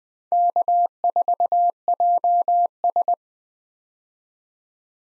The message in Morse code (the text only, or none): K4JS